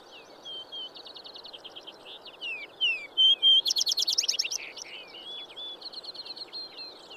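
Vesper sparrow singing whistled introductory notes followed by a bright, rapid trill, amid softer twittering and a constant hiss.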